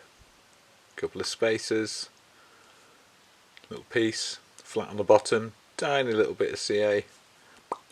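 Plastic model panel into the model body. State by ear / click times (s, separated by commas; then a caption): seated / 7.7 s. A small plastic model panel with a flat piece on the bottom is pressed onto the model body while someone talks. A single sharp click at 7.7 seconds marks the panel popping into place, seated.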